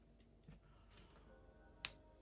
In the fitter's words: хоп і щелчок. Чуєте? Да. Це означає, що він назад не іде.